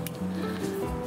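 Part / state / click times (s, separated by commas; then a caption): solar panel cable connector into mating extension cable connector / seated / 0.1 s. The red plastic connector on a Renogy solar suitcase's panel lead is pushed into its mating red extension cable connector. It snaps in with a single sharp click at 0.1 s over steady background music. The connector is seated.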